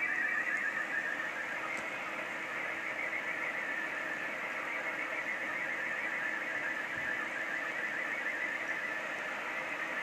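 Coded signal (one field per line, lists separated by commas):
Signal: SSTV (slow-scan television)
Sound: faint warbling tone wandering around 2 kHz, buried in steady hiss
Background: radio static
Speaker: look like it's uh probably just not quite receiving it well enough but it is get it is coming in here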